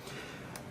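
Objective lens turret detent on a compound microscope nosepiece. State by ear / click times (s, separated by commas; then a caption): seated / 0.6 s. The metal nosepiece turret of a compound microscope is rotated to select an objective lens. The turret detent gives a short, sharp click at 0.6 s over a steady background hiss as the lens locks into position.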